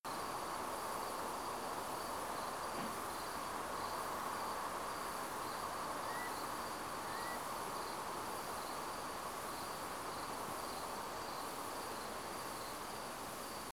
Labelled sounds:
crickets
Eurasian Curlew
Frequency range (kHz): Eurasian Curlew 1.7-2.2 kHz
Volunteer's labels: Autre biophonie grillon
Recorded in France

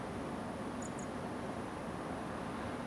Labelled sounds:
Song Thrush
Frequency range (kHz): Song Thrush 6.4-10.7 kHz
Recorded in France

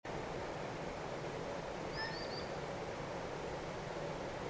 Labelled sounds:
Common Sandpiper
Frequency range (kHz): Common Sandpiper 4.0-5.6 kHz
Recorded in France

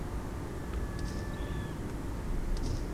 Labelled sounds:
Dunlin
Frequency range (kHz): Dunlin 2.7-4.2 kHz
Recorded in France

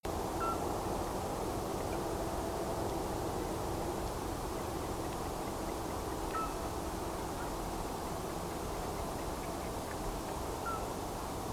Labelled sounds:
frogs
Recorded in France

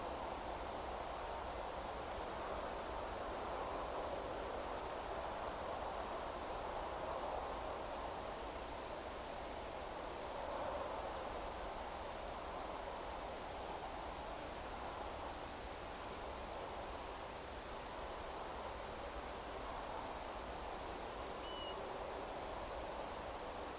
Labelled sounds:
European Golden Plover
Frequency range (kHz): European Golden Plover 2.7-3.2 kHz
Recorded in France

